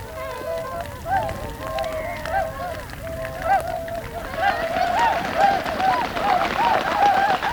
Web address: Whooper